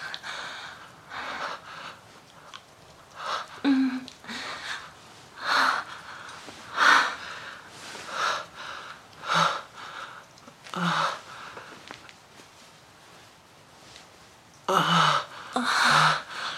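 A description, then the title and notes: Close deep breaths and soft moans rise and fall in uneven bursts every second or so. Some breaths are airy and sharp like gasps, others lower and voiced. Near the end the sounds grow louder and run together. These lovers indulge in some valuable couple’s communication; conversing through the closeness of their bodies and the language of deep breaths and moans.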